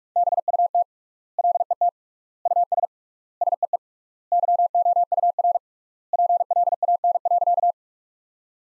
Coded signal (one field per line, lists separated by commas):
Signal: Morse code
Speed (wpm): 46 wpm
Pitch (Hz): 700 Hz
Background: none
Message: BUT LET US SEE YOUR PLAN.